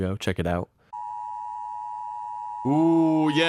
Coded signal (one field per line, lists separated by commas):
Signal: Emergency Alert System (SAME) tones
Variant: 853 and 960 Hz attention tone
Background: speech